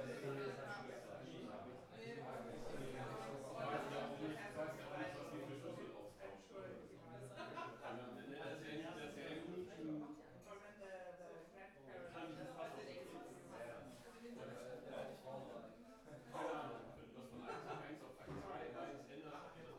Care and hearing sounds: everyday scene through a hearing-aid microphone; many people talking; many voices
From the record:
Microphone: behind the ear, right, rear

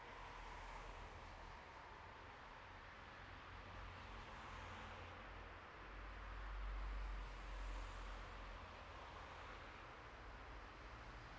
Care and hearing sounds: everyday scene through a hearing-aid microphone; in traffic; traffic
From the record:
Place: bus stop on a city main road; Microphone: behind the ear, right, rear

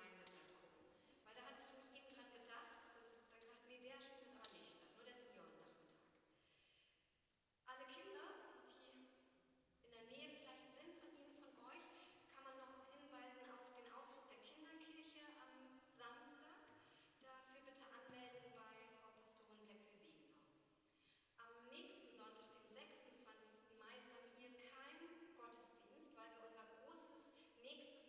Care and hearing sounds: everyday scene through a hearing-aid microphone; reverberant space; speech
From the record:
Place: church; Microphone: in the ear canal, left

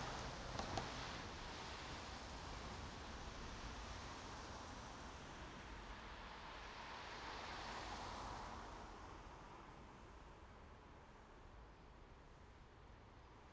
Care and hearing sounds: everyday scene through a hearing-aid microphone; in traffic; traffic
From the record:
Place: main road on the outskirts, rush hour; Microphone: in the ear canal, right

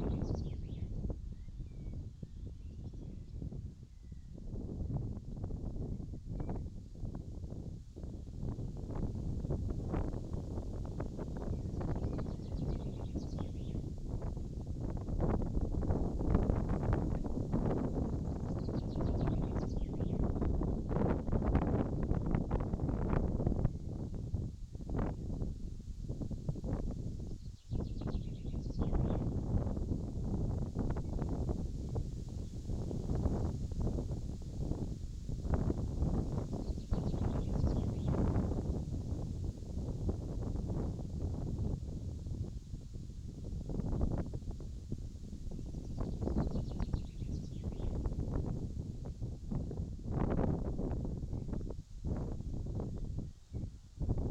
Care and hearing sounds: everyday scene through a hearing-aid microphone; wind on the microphone; wind, birds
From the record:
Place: in front of a rural house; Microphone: in the ear canal, left

